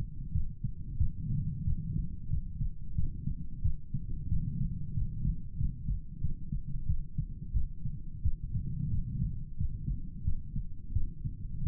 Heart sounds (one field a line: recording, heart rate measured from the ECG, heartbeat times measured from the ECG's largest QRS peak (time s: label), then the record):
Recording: heart sounds by stethoscope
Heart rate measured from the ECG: 90 bpm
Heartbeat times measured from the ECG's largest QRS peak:
0.33 s: heartbeat
0.98 s: heartbeat
1.65 s: heartbeat
2.30 s: heartbeat
2.96 s: heartbeat
3.62 s: heartbeat
4.29 s: heartbeat
4.94 s: heartbeat
5.58 s: heartbeat
6.21 s: heartbeat
6.87 s: heartbeat
7.53 s: heartbeat
8.23 s: heartbeat
8.91 s: heartbeat
9.58 s: heartbeat
10.25 s: heartbeat
10.93 s: heartbeat
11.64 s: heartbeat
From the record:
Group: healthy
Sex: male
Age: 35 years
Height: 178 cm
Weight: 64 kg